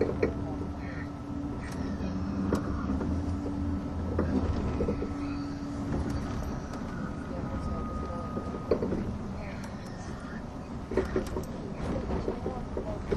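A train running along the Gotthard Base Tunnel route, with a dense, steady low rumble throughout and a held mid tone that fades around the middle. Short clicks and knocks come irregularly, clustering near 2, 9 and 11 seconds, over faint voices.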